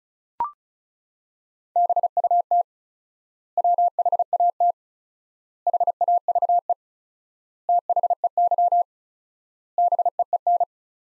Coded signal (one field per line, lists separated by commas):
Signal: Morse code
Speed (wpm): 34 wpm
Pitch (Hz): 700 Hz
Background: none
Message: BUT WHAT HAVE THEY BEEN